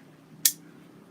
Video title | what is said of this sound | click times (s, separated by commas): Triple Roxon review- live! | and it actually locks in. | 0.5 s